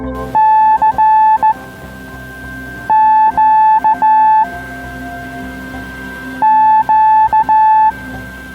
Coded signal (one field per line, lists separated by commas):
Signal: Morse code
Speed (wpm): 15 wpm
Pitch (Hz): 870 Hz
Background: music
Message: CQ Q